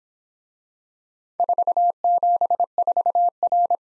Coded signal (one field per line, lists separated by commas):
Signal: Morse code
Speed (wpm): 26 wpm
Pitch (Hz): 700 Hz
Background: none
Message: 474R